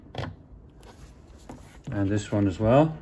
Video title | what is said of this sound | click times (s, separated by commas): How To: Affix A Floor Plinth In Your Kitchen | push it back in place slide those print clips until they lock you'll hear it click and | 0.2 s